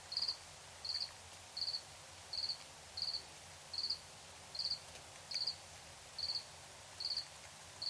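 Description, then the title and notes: Cricket chirps, short bursts of rapid high pulses repeated at a steady pace, with faint background noise. Recorded in Tiny, Ontario, by Anton Pickard; crickets are described as a nighttime sound. "Crickets and coyotes. Recorded in Tiny, Ontario by Anton Pickard"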